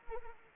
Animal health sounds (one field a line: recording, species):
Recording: mosquito wingbeat signal from an infrared sensor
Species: Anopheles arabiensis